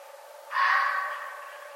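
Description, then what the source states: Red fox producing one abrupt raspy shriek that fades gradually over about a second against a low, even hum. Recorded on 11 November 2011.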